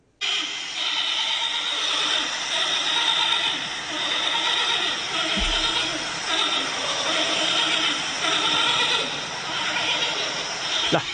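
Giant panda giving a long, hoarse, rasping call that continues almost without pause.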